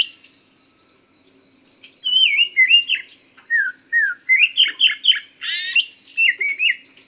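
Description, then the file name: Masked laughingthrush singing after a short quiet start: looping whistles, downslurred notes and rapid rising strokes, ending in bright slurred phrases. Song variation number 3. "suara-poksay-mandarin-variasi-3"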